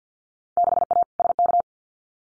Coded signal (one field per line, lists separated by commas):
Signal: Morse code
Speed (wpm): 50 wpm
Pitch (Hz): 700 Hz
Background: none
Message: 6A SK